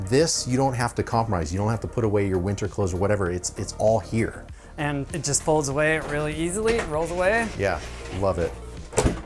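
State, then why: Seated. A rolling storage and wardrobe stair unit is rolled back into its bay under the bed platform of a tiny home while people talk. It locks home with a single sharp thunk at 9.0 s, seating in place.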